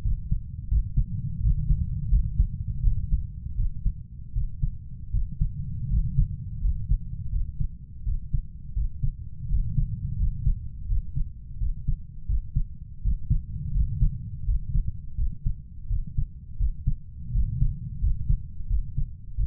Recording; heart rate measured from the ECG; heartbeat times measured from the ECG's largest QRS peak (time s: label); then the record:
heart sounds by stethoscope; 84 bpm
0.05 s: heartbeat
0.72 s: heartbeat
1.44 s: heartbeat
2.12 s: heartbeat
2.85 s: heartbeat
3.58 s: heartbeat
4.36 s: heartbeat
5.14 s: heartbeat
5.92 s: heartbeat
6.64 s: heartbeat
7.33 s: heartbeat
8.07 s: heartbeat
8.77 s: heartbeat
9.51 s: heartbeat
10.20 s: heartbeat
10.90 s: heartbeat
11.61 s: heartbeat
12.30 s: heartbeat
13.05 s: heartbeat
13.75 s: heartbeat
14.47 s: heartbeat
15.18 s: heartbeat
15.91 s: heartbeat
16.60 s: heartbeat
17.35 s: heartbeat
18.03 s: heartbeat
18.71 s: heartbeat
19.38 s: heartbeat
From the record:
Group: healthy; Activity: rest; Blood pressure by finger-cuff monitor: 149/80 mmHg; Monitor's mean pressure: 99 mmHg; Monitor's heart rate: 84 bpm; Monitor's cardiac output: 7.3 L/min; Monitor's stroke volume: 87 mL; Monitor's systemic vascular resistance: 1010 dyn s/cm5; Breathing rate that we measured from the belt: 15 breaths a minute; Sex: male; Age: 21 years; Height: 175 cm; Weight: 72.6 kg